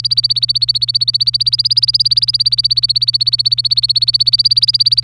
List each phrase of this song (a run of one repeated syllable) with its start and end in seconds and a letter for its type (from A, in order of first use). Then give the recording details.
0.00-5.03 A. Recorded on 25 April 2018 at 09:43. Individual llb3